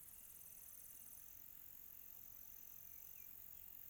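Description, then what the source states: Cricket giving a continuous high trill, with a fast pulsing layer above it at first and a few faint chirps. Quiet tropical night.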